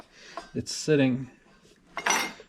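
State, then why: Seated. Someone talks while a plastic stock cover is pressed down onto an Airmar TM165/P66 boat transducer mount after a burr that had kept it from snapping in was cleared. Two short, hard plastic clicks sound at 2.0 s and 2.1 s as the cover snaps into place and sits down on the mount's lip.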